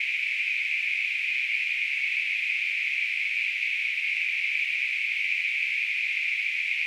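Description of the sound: Simulated tinnitus sound.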